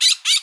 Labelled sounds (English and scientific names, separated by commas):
Brown-throated Parakeet (Eupsittula pertinax) contact call